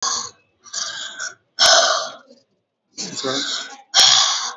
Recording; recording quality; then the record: deep breathing; excellent, no background noise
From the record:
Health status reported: healthy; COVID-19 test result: negative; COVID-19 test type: RT-PCR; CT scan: not taken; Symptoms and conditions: cough, cold, fever, hypertension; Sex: female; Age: 30 years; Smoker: no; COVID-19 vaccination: both doses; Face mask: worn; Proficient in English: yes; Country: India